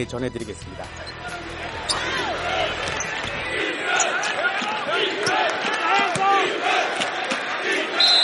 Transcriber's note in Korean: 녹취: 농구장 관중 함성